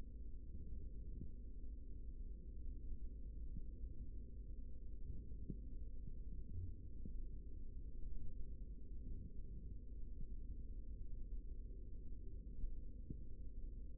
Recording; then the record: forearm muscle sounds (acoustic myography)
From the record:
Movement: rest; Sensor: system 3, bracelet of six PUI Audio POM-2738L microphones around the upper forearm, with dedicated amplification and filtering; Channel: 5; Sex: male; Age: 55 years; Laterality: right